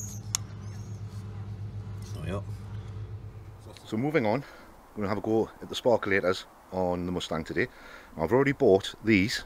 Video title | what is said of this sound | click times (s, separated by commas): New Parts for the Mustang | retouching that listen for the click it's going | 0.3 s